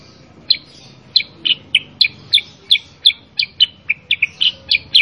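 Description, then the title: Sooty-headed bulbul delivering a lively, steady series of loud, sharp chirped notes, roughly three per second, some doubled, with little else heard. Kutilang sutra cage-bird recording used as masteran, a training tape for other kept bulbuls, featuring a super 'gacor' bird that sings continuously to provoke replies. "Masteran Kutilang Sutra. Kutilang Sutra mana YANG GAK NYAUT dan IKUT BUNYI GACOR dengan suara Kutilang Sutra Super GACOR Ini"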